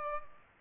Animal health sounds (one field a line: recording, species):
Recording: mosquito wingbeat signal from an infrared sensor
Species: Culex pipiens